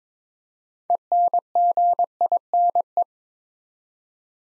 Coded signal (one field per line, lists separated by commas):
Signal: Morse code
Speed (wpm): 22 wpm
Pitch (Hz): 700 Hz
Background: none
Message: ENGINE